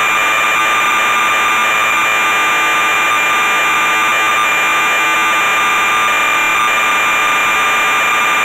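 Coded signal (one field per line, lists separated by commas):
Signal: computer data on cassette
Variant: MSX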